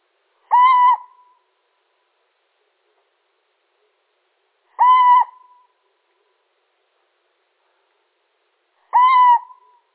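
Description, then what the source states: Little owl hooting: three identical flat, slightly nasal notes spaced about four seconds apart, each with a brief fading tail, otherwise silence. Male.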